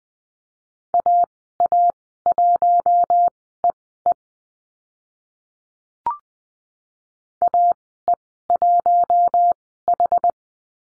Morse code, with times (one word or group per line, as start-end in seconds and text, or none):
0.9-4.1 AA1EE
7.4-10.3 AE1H